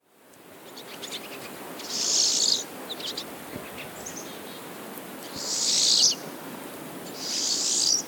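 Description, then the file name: Pine siskin uttering three high wheezy buzzes spaced a few seconds apart, with faint thin chips in between. "Carduelis pinus - Pine Siskin"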